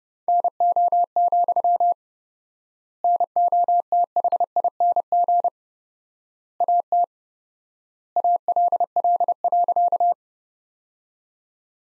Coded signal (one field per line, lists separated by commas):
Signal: Morse code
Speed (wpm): 30 wpm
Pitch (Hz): 700 Hz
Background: none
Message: NO, NOTHING AT ALL.